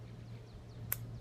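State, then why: Seated. A steel spring is popped back into its seat in a flintlock lockplate during reassembly of the lock. Over a steady low hum, a single sharp, bright click lands at 0.9 s as the spring seats in place.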